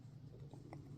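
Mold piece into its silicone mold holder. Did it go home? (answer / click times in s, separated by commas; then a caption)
no / none. A mold piece for a resin mold setup is handled and pressed down toward its silicone mold holder. A steady low hum is heard with a couple of faint, soft bumps around 0.5 and 0.7 seconds. Nothing has seated or clicked into place yet.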